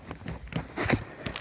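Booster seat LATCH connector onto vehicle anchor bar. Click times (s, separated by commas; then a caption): 0.9 s. A booster seat's LATCH connector is pushed onto the vehicle's black-painted anchor bar, with a few soft knocks and rustles before and after. At 0.9 s the connector locks on with a dull thump rather than a sharp click, and it is seated tight.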